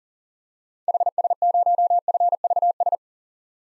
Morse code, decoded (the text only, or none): HS0FVS